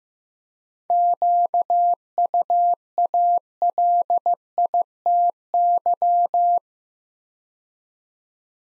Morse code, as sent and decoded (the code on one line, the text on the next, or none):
--.- ..- .- .-.. .. - -.--
QUALITY